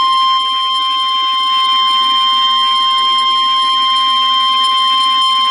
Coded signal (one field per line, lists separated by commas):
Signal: Emergency Alert System (SAME) tones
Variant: 853 and 960 Hz attention tone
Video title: EAS Tornado Warning For St. Louis Mo As Seen On KMOV On 03-27-21 Part 2.